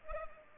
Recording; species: mosquito wingbeat signal from an infrared sensor; Culex pipiens